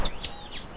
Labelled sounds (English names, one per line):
Stitchbird song